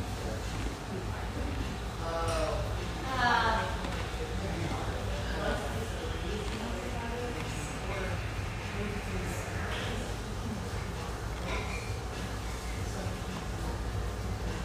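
Pleasant hum of an espresso house near the Vancouver riverfront: a steady murmur of overlapping voices over a low, constant rumble. A clearer voice rises briefly around two to four seconds, and light clinks and taps surface now and then throughout.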